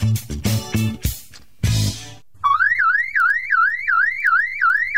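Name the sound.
alarm sounding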